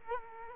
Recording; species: mosquito wingbeat signal from an infrared sensor; Culex quinquefasciatus